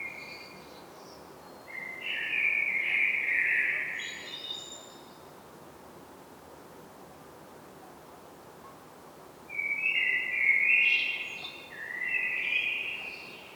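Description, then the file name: Common blackbird song: bursts of fluted warbling mixed with high, scratchy twitter notes, with a long quiet gap between them. "Turdus merula"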